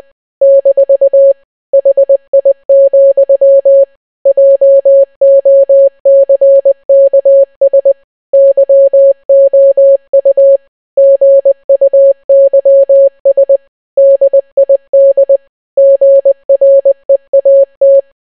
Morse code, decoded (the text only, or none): - HI, JOCKS YOU GUYS DID GREAT